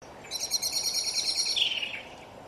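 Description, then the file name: Common blackbird call, a rapid thin high chatter lasting about a second, sliding into a lower buzzy note, over faint steady background hiss. "Turdus merula"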